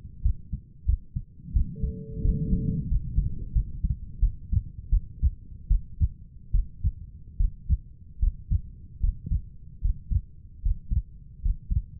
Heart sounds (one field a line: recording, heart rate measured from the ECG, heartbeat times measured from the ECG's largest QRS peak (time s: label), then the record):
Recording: heart sounds by stethoscope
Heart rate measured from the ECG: 80 bpm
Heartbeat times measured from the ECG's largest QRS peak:
0.23 s: heartbeat
0.86 s: heartbeat
1.53 s: heartbeat
2.22 s: heartbeat
2.89 s: heartbeat
3.53 s: heartbeat
4.20 s: heartbeat
4.90 s: heartbeat
5.68 s: heartbeat
6.52 s: heartbeat
7.38 s: heartbeat
8.20 s: heartbeat
9.01 s: heartbeat
9.82 s: heartbeat
10.63 s: heartbeat
11.42 s: heartbeat
From the record:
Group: healthy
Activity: rest 0-4 s, Valsalva maneuver 4-12 s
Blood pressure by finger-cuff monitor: 133/86 mmHg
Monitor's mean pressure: 104 mmHg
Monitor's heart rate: 76 bpm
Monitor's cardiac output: 6.2 L/min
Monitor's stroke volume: 73 mL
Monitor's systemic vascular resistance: 1310 dyn s/cm5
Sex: female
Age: 37 years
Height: 168 cm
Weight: 70 kg